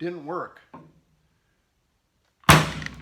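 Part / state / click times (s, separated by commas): chain brake mechanism on a chainsaw / seated / 2.9 s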